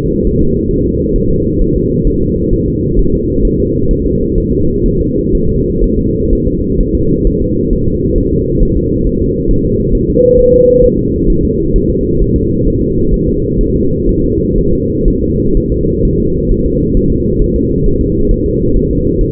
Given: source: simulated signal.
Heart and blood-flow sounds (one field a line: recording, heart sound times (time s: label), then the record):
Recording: fetal heart sounds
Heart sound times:
0.27 s: S1
0.42 s: S2
0.71 s: S1
0.86 s: S2
1.16 s: S1
1.30 s: S2
1.61 s: S1
1.76 s: S2
2.08 s: S1
2.22 s: S2
2.53 s: S1
2.68 s: S2
2.99 s: S1
3.14 s: S2
3.45 s: S1
3.60 s: S2
3.91 s: S1
4.06 s: S2
4.38 s: S1
4.53 s: S2
4.86 s: S1
5.01 s: S2
5.35 s: S1
5.49 s: S2
5.84 s: S1
5.99 s: S2
6.33 s: S1
6.47 s: S2
6.81 s: S1
6.95 s: S2
7.27 s: S1
7.42 s: S2
7.73 s: S1
7.88 s: S2
8.18 s: S1
8.33 s: S2
8.63 s: S1
8.77 s: S2
9.07 s: S1
9.21 s: S2
9.51 s: S1
9.66 s: S2
9.95 s: S1
10.10 s: S2
10.39 s: S1
10.54 s: S2
10.84 s: S1
10.99 s: S2
11.30 s: S1
11.45 s: S2
11.76 s: S1
11.91 s: S2
12.22 s: S1
12.36 s: S2
12.68 s: S1
12.82 s: S2
13.14 s: S1
13.29 s: S2
13.61 s: S1
13.76 s: S2
14.09 s: S1
14.24 s: S2
14.58 s: S1
14.73 s: S2
15.08 s: S1
15.23 s: S2
15.57 s: S1
15.72 s: S2
16.05 s: S1
16.20 s: S2
16.52 s: S1
16.66 s: S2
16.97 s: S1
17.12 s: S2
17.42 s: S1
17.56 s: S2
17.86 s: S1
18.01 s: S2
18.31 s: S1
18.46 s: S2
18.77 s: S1
18.91 s: S2
19.21 s: S1
From the record:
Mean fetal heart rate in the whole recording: 130 bpm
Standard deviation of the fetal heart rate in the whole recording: 4 bpm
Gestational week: 38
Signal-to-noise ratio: -15.3 dB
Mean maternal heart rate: 72 bpm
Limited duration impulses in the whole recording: present